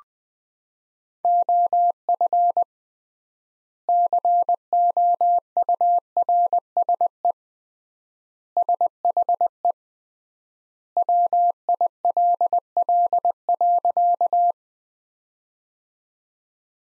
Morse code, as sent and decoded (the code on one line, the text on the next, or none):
--- ..-. / -.-. --- ..- .-. ... . / ... .... . / .-- .. .-.. .-.. .-.-.-
OF COURSE SHE WILL.